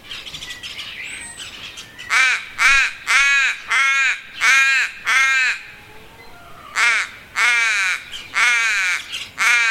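Crow giving a long series of harsh caws: a quick run of six, a short pause, then several more, with a faint whistle early on.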